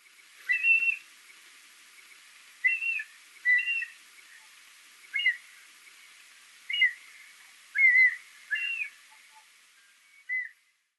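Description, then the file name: Mountain hawk-eagle whistled calls: about eight short, high, slurred phrases, some two-noted, spaced irregularly over eleven seconds against a quiet background. Voice, recorded in Tottori on 10 December 2008. "kumataka tottori kuroda"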